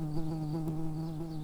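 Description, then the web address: Early bumblebee buzz: a steady, low droning hum with rich stacked overtones, holding an even pitch with slight wavering throughout. Workers. "bumblebees Pratorum-workers"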